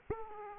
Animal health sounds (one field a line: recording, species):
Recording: mosquito wingbeat signal from an infrared sensor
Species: Aedes aegypti